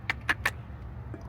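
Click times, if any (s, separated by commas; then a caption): none. A refrigerant charging hose quick-coupler is pushed against an AC system service port in an engine bay, with a low steady hum underneath. Three sharp, bright metallic taps are heard at about 0.1, 0.3 and 0.5 seconds, followed by a faint soft knock near 1.1 seconds. The coupler does not latch: nothing has clicked on, because it is the wrong (high-side) port.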